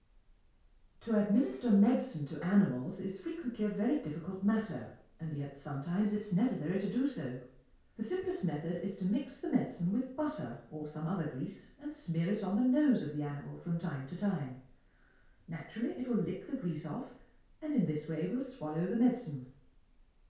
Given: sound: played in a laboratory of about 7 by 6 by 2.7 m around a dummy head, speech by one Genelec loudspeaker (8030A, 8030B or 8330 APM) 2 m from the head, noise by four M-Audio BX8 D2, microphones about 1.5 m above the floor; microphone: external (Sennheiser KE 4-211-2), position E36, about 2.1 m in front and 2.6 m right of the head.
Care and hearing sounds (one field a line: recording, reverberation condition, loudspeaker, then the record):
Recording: female speech in English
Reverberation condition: medium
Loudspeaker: 90 degrees to the right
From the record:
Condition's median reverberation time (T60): about 510 ms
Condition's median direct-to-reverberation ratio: about -0.5 dB